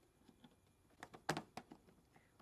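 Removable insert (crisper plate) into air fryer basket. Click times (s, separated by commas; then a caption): 1.3 s. A removable crisper plate is pressed into the basket of an 8-quart Gourmia air fryer after several fumbled tries, producing a few light knocks and rattles. A sharp, loud click at 1.3 s marks the plate popping into place, followed by a few softer taps as it settles, fully seated.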